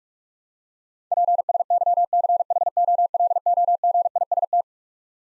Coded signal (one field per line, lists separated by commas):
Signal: Morse code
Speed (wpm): 41 wpm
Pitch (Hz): 700 Hz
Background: none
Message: PSYCHOLOGIST